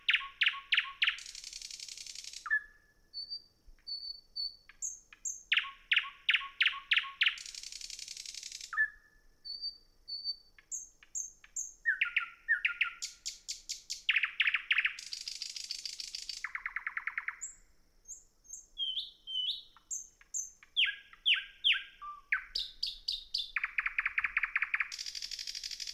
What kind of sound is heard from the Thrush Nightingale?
song